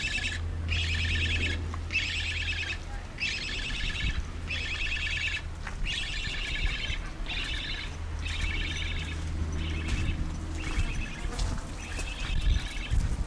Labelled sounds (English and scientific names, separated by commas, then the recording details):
Black Stork (Ciconia nigra)
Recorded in captivity
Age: juvenile
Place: Vogelpark Bad Rothenfelde, Niedersachsen, DE
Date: 1991-09-16 15:08
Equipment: Marantz, Sennheiser ME 80, Kopie Tesla B 116
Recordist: Tembrock, Günter
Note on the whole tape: Lautfolgen von diesjährigem wohl auf Menschen geprägten Vogel